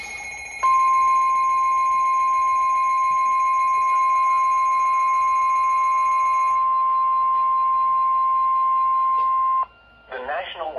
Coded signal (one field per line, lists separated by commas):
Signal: Emergency Alert System (SAME) tones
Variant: 1050 Hz attention tone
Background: speech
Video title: Severe Thunderstorm Warning (EAS #533)